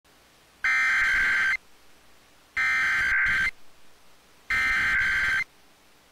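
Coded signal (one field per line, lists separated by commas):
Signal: Emergency Alert System (SAME) tones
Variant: header bursts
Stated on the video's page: Severe thunderstorm warning EAS tones from NOAA Weather Radio.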